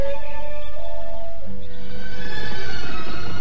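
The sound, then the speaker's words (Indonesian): A horse gives a loud, high whinny with a wavering pitch, then the sound shifts into a dense, rumbling run of galloping hoofbeats from two sturdy horses, one named Tunggul, riding out from the gate of the royal city of Mataram, with no voices. “Tidak beberapa lama dari gerbang kota Raja Mataram, berderap dua ekor kuda yang tegar dan perkasa.”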